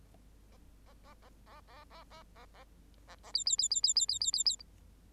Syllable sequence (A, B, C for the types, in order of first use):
A A A A A A A A A A A A B B B B B B B B B B